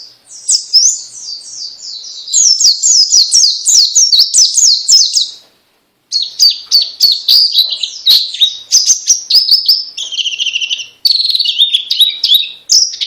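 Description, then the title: White-eye pouring out a long, rapid, high-pitched warble of chirps and trills, pausing once before continuing the rolling song. Song style described as ngalas ngeroll. "Kumpulan Pleci Ngalas Ngeroll"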